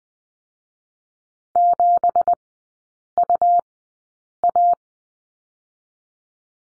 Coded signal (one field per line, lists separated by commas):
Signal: Morse code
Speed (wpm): 20 wpm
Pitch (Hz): 700 Hz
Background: none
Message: 7UA